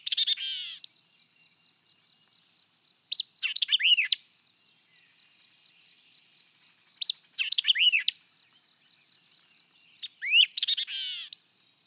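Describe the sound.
White-eyed vireo delivers four rapid phrases of sharp notes and curling whistles, spaced a few seconds apart, with a faint soft buzz between them.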